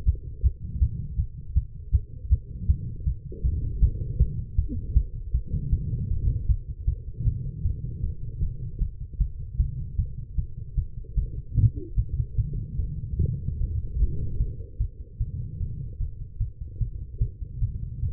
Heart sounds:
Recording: heart sounds by stethoscope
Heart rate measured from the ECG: 154 bpm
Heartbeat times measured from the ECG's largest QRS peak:
0.05 s: heartbeat
0.42 s: heartbeat
0.80 s: heartbeat
1.17 s: heartbeat
1.54 s: heartbeat
1.92 s: heartbeat
2.29 s: heartbeat
2.67 s: heartbeat
3.05 s: heartbeat
3.43 s: heartbeat
3.81 s: heartbeat
4.19 s: heartbeat
4.56 s: heartbeat
4.94 s: heartbeat
5.33 s: heartbeat
5.71 s: heartbeat
6.09 s: heartbeat
6.47 s: heartbeat
6.86 s: heartbeat
7.25 s: heartbeat
7.63 s: heartbeat
8.02 s: heartbeat
8.41 s: heartbeat
8.80 s: heartbeat
9.19 s: heartbeat
9.58 s: heartbeat
9.97 s: heartbeat
10.36 s: heartbeat
10.76 s: heartbeat
11.16 s: heartbeat
11.56 s: heartbeat
11.96 s: heartbeat
12.36 s: heartbeat
12.77 s: heartbeat
13.18 s: heartbeat
13.58 s: heartbeat
13.98 s: heartbeat
14.38 s: heartbeat
14.79 s: heartbeat
15.19 s: heartbeat
15.59 s: heartbeat
15.99 s: heartbeat
16.39 s: heartbeat
16.79 s: heartbeat
17.19 s: heartbeat
17.60 s: heartbeat
18.01 s: heartbeat
From the record:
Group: healthy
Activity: rest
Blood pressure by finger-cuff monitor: 83/57 mmHg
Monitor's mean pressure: 70 mmHg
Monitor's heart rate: 153 bpm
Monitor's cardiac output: 14.8 L/min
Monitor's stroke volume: 98 mL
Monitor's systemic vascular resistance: 240 dyn s/cm5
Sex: female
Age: 19 years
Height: 163 cm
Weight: 51 kg

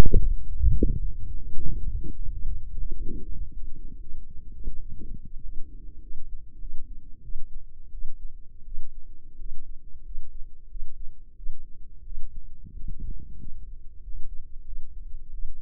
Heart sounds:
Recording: heart sounds by microphone in the left ear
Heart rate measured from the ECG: 93 bpm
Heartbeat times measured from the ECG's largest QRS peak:
0.54 s: heartbeat
1.15 s: heartbeat
1.72 s: heartbeat
2.29 s: heartbeat
2.89 s: heartbeat
3.50 s: heartbeat
4.13 s: heartbeat
4.77 s: heartbeat
5.40 s: heartbeat
6.00 s: heartbeat
6.58 s: heartbeat
7.22 s: heartbeat
7.91 s: heartbeat
8.64 s: heartbeat
9.37 s: heartbeat
10.03 s: heartbeat
10.68 s: heartbeat
11.35 s: heartbeat
12.03 s: heartbeat
12.71 s: heartbeat
13.37 s: heartbeat
14.00 s: heartbeat
14.64 s: heartbeat
15.31 s: heartbeat
From the record:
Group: healthy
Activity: Valsalva maneuver 0-2 s, rest 2-16 s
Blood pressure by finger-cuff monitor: 124/77 mmHg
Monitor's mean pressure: 93 mmHg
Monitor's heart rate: 95 bpm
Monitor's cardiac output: 7.3 L/min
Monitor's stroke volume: 77 mL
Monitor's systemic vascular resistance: 990 dyn s/cm5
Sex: female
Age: 24 years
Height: 163 cm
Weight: 55.7 kg

